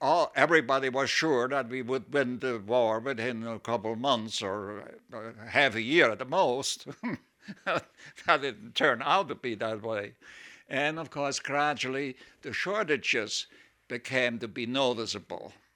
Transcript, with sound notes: everybody was sure that we would win the war within a couple of months or half a year at the most. (he laughs) That didn't turn out to be that way. And, of course, gradually, the shortages became to be noticeable.